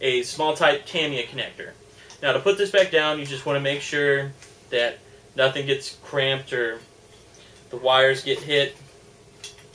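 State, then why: Seated. Someone talks while the lower handguard cover of a Cyma CM045 AKS-74U airsoft rifle is pushed back down over the battery compartment, after the wires and small-type Tamiya connector are tucked in so nothing gets cramped or hit. A short, sharp click sounds at 9.4 seconds as the cover snaps into place, seated.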